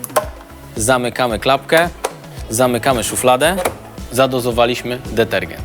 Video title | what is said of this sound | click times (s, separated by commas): System CapDosing & Funkcja Plamy w pralkach Miele | wkładamy będzie słychać charakterystyczny klik | 0.0 s